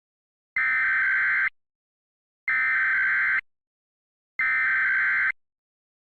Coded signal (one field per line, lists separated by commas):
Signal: Emergency Alert System (SAME) tones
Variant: header bursts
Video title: EAS Mock/Scenario Short - "Oh crap, we've pressed the wrong button!" (EAN)